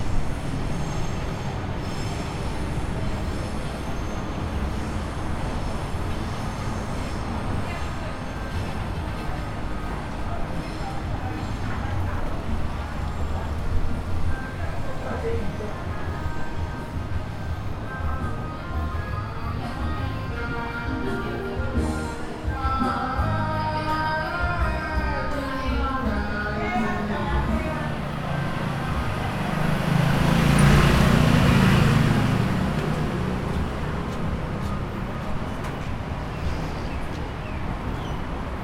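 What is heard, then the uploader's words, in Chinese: Older local folks sing karaoke in a busy outdoor setting, voices and melodic lines rising over a constant low rumble of crowd and traffic. Around the thirty-second mark a louder, brighter burst swells up briefly before the steady din resumes. 在地超齡少年與超齡少女們唱卡拉OK的歡唱聲,其中穿插著賣粉圓冰的攤車不斷的叫賣。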